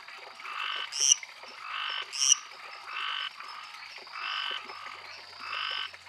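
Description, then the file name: Lesser treefrog giving buzzy, pulsed croaks in a series a little over a second apart, with a constant high tone behind and two brief sharp chirps. "Dendropsophus minutus"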